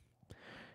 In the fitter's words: hear this snap when you push down on that